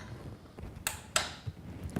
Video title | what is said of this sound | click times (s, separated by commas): Removal of cam belt part 1 Talking V003 | and there's the click camshaft is now in position and looks with the special tool | 1.2 s